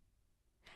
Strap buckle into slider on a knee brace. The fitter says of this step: you'll hear a click when it's properly fastened